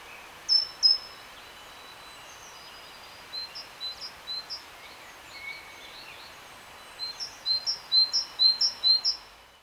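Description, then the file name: Great tit calling: an opening pair of bright high notes, then a run of softer chips that quickens into a rapid series of notes near the end. "Parus major"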